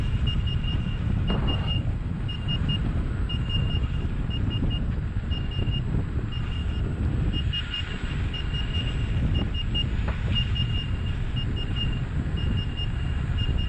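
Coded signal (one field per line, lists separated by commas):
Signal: alarm pattern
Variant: Gotway electric unicycle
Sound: rapid high-pitched beeps repeating in bursts, several per second, over rushing wind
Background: wind and road noise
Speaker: for the second class alarm it's just like the first class alarm but on the manual it says 45 kilometers an hour three beeps per second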